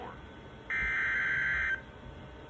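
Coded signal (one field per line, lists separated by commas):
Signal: Emergency Alert System (SAME) tones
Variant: header bursts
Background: speech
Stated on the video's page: Severe thunderstorm warnings received on an iRonsnow IS-399 weather radio.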